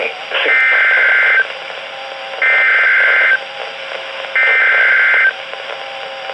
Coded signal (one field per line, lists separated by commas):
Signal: Emergency Alert System (SAME) tones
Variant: header bursts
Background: speech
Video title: Severe Thunderstorm Warning (EAS #1654)